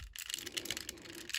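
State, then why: Not seated. The plastic rear tail section of a vintage Japanese-exclusive Generation One Transformers toy is pushed into its partner figure's body to combine them, producing a string of sharp plastic rattles and scrapes. It is not going in as wanted, and nothing has seated or clicked yet.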